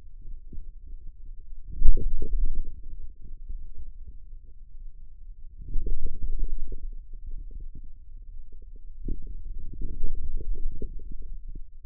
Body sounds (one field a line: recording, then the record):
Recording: forearm muscle sounds (acoustic myography)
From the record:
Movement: outward rotation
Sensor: system 2, bracelet of six BSWA MPA416 microphones around the upper forearm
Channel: 6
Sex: male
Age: 22 years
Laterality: right